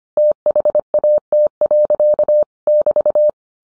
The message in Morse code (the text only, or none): THAT. <BT>